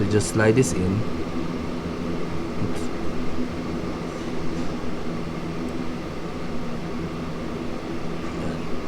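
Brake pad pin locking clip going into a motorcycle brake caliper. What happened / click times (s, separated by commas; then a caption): The clip is slid into position with no locking click / none. Someone talks briefly at the start while the metal locking clip for the brake pad pin is slid into place on the brake caliper of a Z1000 motorcycle, over a steady droning background with low music. The clip is only being slid and positioned here, and it has not locked or clicked yet.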